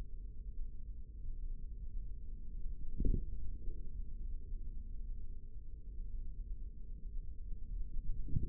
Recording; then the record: forearm muscle sounds (acoustic myography)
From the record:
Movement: forearm pronation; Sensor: system 3, bracelet of six PUI Audio POM-2738L microphones around the upper forearm, with dedicated amplification and filtering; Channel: 5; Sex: male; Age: 55 years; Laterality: right